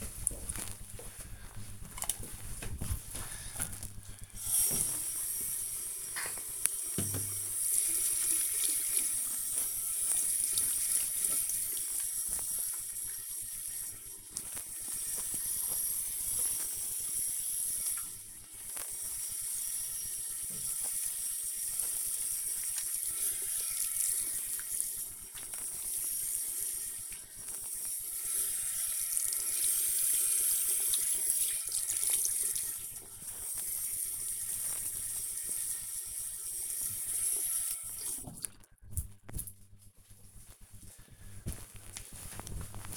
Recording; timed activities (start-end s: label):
household activities, microphone on the right wrist
4.57-38.78 s: washing hands